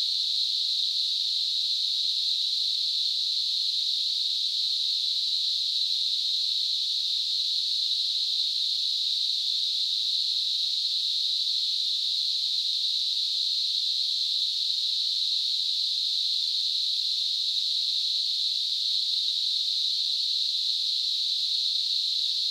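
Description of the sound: Steady, unbroken high-pitched hissing noise, unchanged throughout, a simulation of how tinnitus can sound.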